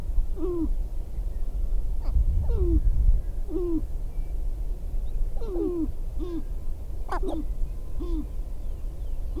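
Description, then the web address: Sharp-tailed grouse giving low, hooked hooting calls repeated roughly every second, with a steady low rumble underneath. "Natural Sounds Sharp-tailed Grouse"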